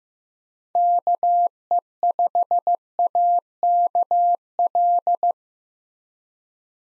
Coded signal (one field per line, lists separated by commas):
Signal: Morse code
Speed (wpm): 15 wpm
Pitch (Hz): 700 Hz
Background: none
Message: KE5AKL